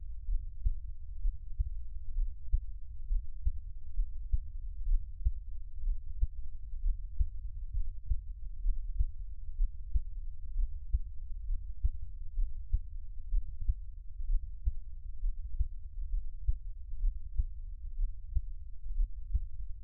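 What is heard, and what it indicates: Steady, regular low thumps of an adult's own heartbeat, recorded close up with no talking, with a faint low hum behind.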